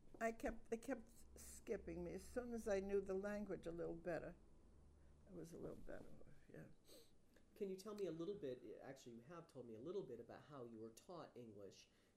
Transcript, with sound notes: I kept — they kept skipping me as soon as I knew the language a little better. I was a little better, yeah. [sniffs]
Can you tell me little bit — actually, you have told me a little bit about how you were taught English.